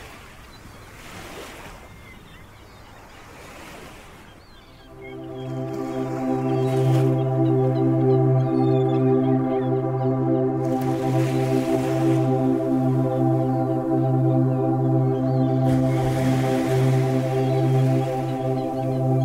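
Soft ocean surf washes in and out, with waves breaking around one, twelve and seventeen seconds. Near five seconds a steady, layered tone swells in underneath and holds to the end, a low hum stacked with brighter sustained notes, making everything louder and fuller.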